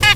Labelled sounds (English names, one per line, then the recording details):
Zebra Finch stack call
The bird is a male
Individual mal8